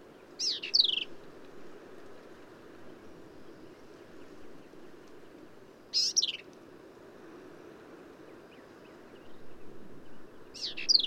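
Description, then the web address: Black-capped vireo song: a few short, harsh, sweeping phrases of high notes, spaced several seconds apart, over steady low background rumble. "birdsongforthecurious Black-capped Vireo"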